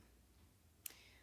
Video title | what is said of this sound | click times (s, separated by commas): Hyundai Elantra Touring 2012 Fuel Injector Replacement | but you just want to make sure you hear a clip | 0.9 s